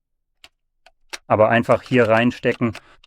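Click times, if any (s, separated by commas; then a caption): none. A small battery pack is being handled at the battery mount on the back of a Panasonic HC-VX3E-K camcorder, with faint sharp ticks at about 0.4, 0.9 and 1.1 s before someone talks. Nothing has seated or clicked into place yet.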